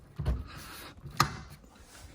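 The lower sash latch of a tilted-in Pella sliding glass patio door panel is pushed back into place. A soft thump comes at about 0.3 s, then a sharp snap at 1.2 s as the latch seats home.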